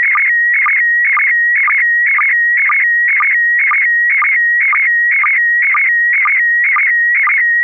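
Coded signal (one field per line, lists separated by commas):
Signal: SSTV (slow-scan television)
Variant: PD120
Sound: warbling tones near 2 kHz, with a short low blip about twice a second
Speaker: I'm sorry it's going to be uh uh pd1 pd120 p p I'm sorry pd10 d d d [Laughter] d kp4md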